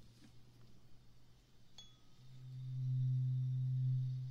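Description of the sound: Brief indistinct speech, then a light metallic strike followed by a steady low hum lasting about two seconds. This is the test tone for checking hearing in the right ear during a role-played examination; the patient is to say "stop" once the sound can no longer be heard.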